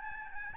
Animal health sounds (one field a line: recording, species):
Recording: mosquito wingbeat signal from an infrared sensor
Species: Aedes albopictus